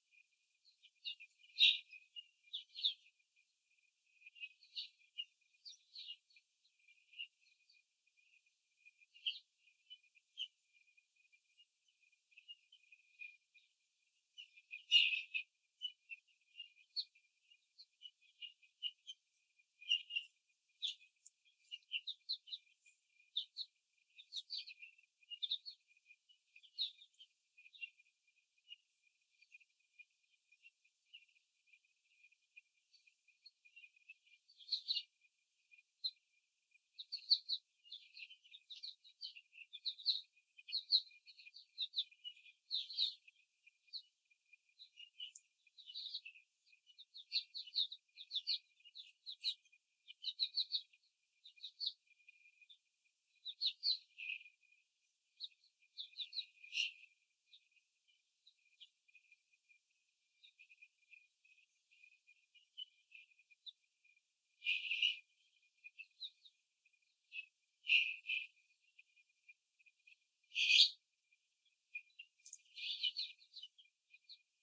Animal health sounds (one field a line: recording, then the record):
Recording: young laying hens in a cage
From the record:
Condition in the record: before the stressor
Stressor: simulated dog barking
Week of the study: 3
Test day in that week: 2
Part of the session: 2